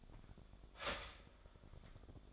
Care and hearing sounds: daily activity, microphone in the room; start toaster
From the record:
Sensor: 5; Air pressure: 1004.3 hPa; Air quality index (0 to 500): 167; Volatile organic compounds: 4 ppm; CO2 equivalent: 1570 ppm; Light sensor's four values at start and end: 33/108/40/41 and 34/108/41/41

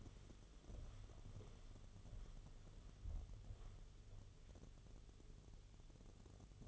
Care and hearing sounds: daily activity, microphone in the room; walk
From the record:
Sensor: 4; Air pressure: 1016.2 hPa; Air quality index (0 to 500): 164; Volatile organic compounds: 6 ppm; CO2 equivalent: 1864 ppm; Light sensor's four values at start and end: 10/22/9/8 and 10/21/8/8

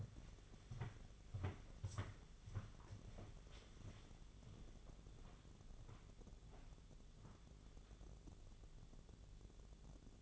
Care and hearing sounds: daily activity, microphone in the room; walk to room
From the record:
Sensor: 4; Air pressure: 1000.8 hPa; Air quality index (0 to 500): 115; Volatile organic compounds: 1 ppm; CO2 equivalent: 875 ppm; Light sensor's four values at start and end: 76/187/80/85 and 86/214/92/98

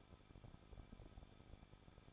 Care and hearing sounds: daily activity, microphone in the room; no activity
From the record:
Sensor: 5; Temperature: 20.8 degrees Celsius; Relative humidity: 38.6%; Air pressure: 1006.5 hPa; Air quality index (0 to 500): 192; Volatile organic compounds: 21 ppm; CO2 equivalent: 2713 ppm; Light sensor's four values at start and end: 2/3/1/1 and 2/3/1/1

